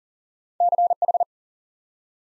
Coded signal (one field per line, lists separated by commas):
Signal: Morse code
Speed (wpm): 38 wpm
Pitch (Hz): 700 Hz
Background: none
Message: CH